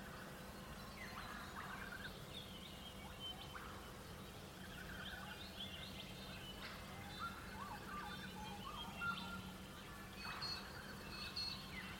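Birds chatter through a sunrise in the countryside near Bellingen, with overlapping chirps, whistled phrases and quick trills filling all twelve seconds. A few louder calls stand out around nine and ten seconds, over a steady low hum and a faint constant tone.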